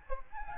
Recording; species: mosquito wingbeat signal from an infrared sensor; Aedes albopictus